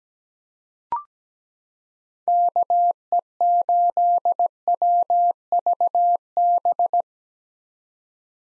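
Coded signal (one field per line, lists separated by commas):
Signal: Morse code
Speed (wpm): 17 wpm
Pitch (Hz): 700 Hz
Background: none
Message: KE8WVB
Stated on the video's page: Computer-generated Morse at 17 wpm: common park-activator call signs, each sent twice, for head-copy practice.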